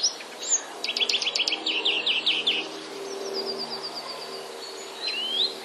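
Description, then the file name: European greenfinch song: a short series of quick chirping notes, then a run of thin repeated ticks and a rising whistled note near the end. Recorded on 24 March 2012. "dzwoniec 24 03 2012"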